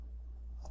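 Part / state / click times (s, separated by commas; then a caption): pistol into leather holster / seated / 0.6 s. A Sig P365 pistol is reholstered into a molded leather 1791 Ultra Custom holster, pushed in over a steady low hum. It snaps into place at 0.6 s and settles into the holster's retention. The holster is seated, broken in, and holds the pistol with strong retention.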